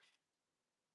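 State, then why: Not seated. A folding knife blade that runs on a bearing is handled as it opens toward its lock, giving a brief bright, hissy swish in the first 0.2 seconds before the sound drops to a faint, steady background. Nothing has locked or clicked into place yet.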